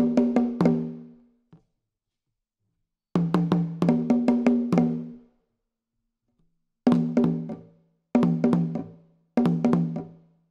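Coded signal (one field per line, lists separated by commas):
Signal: talking drum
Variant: Akan atumpan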